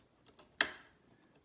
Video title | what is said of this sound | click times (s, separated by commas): Krups Espresso Machine Leak Fix // Replacing Piston | and once it clicks it's in there it should be more or less level with the top of the aluminum bracket | 0.6 s